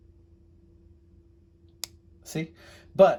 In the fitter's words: it does kind of have a little bit of of a slip right there kind of snaps into place